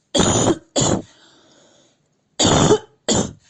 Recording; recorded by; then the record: voluntary cough; messaging app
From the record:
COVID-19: negative